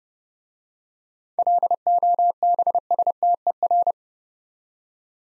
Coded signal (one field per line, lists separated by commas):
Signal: Morse code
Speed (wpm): 30 wpm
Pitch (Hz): 700 Hz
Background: none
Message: LOBSTER